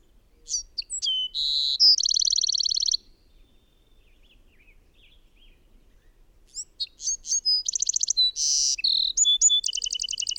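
Bird song: two rapid, varied high-pitched phrases of sweeping whistles, buzzy trills and rattles, separated by a quiet pause of a few seconds.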